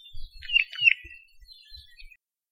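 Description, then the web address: Apapane song: a brief phrase of high, slurred whistles with a couple of sharper accented notes, lasting about two seconds before silence. Recorded along Saddle Road, Hawaii. "Saddle Road Birding Songfiles apapanelong"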